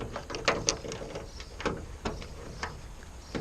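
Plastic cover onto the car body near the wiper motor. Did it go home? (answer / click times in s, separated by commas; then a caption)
no / none. A plastic cover for the wiper motor area of a Ford Fiesta MK6 is handled and fitted back onto the car body, producing a series of sharp plastic knocks and rattles, loudest around 0.5 and 0.7 seconds, with further taps near 1.7 and 2.6 seconds. The cover has not snapped into place yet, and nothing has seated by the end of the clip.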